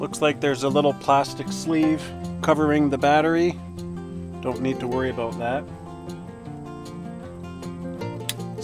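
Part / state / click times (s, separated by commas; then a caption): battery pack onto an electric fence solar energizer / seated / 8.3 s. A battery pack is slid onto a Gallagher solar electric fence energizer until it latches. Someone talks over guitar music, and a single sharp click at 8.3 s marks the pack seating in place.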